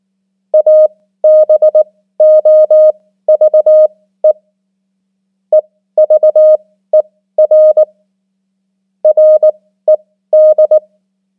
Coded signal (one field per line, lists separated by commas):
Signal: Morse code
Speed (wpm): 19 wpm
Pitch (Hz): 620 Hz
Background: none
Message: ABOVE EVER RED